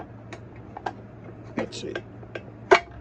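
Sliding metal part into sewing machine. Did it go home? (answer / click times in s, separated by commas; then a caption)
yes / 2.4 s. On a heavy-duty Kenmore 158.17600 sewing machine, a sliding metal part held by a screw is put back on while someone talks briefly. Light metallic ticks and taps sound through the clip, and the part clicks into place at 2.4 s, followed by a louder knock just before the end. The part is confirmed seated.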